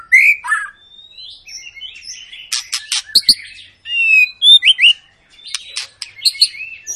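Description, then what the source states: White-rumped shama song: rich varied whistles, rising and falling slurred notes broken by sharp clicks and harsh chatters, with short pauses between phrases. Long lure song of an actively singing (gacor) white-rumped shama, played to prompt other birds to sing.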